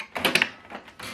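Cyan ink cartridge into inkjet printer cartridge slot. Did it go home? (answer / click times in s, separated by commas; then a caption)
yes / 0.4 s. A blue (cyan) ink cartridge is pushed right into its slot in a Canon Maxify MB5150 all-in-one wireless printer. Soft plastic sliding sounds build up, then two sharp clicks land close together at about 0.4 s, followed by quieter handling noise and a soft rustle near 1.0 s. The cartridge is seated.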